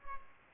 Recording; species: mosquito wingbeat signal from an infrared sensor; Culex pipiens